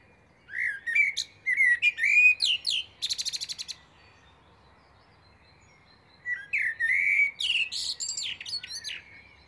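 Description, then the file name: Common blackbird song in two phrases: mellow warbled whistles ending in a quick, dry rattle, a pause of a few seconds, then another fluted, twittering phrase. "Turdus merula"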